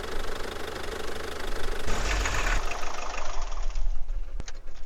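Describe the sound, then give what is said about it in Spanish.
After a cable is connected, a car engine turns over and catches with a brief louder roar partway through, then settles into a steady, rough idle with a knocking rattle underneath, no voices. “...consigue arrancar...”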